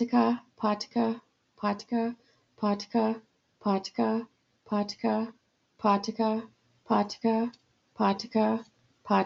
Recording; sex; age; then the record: repeated syllables /pa ta ka/; female; 40 to 49 years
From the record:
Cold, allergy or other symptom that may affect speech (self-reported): no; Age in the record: 40 years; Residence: Colorado, United States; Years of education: 14